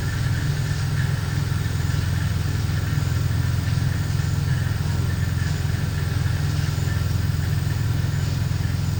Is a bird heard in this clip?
no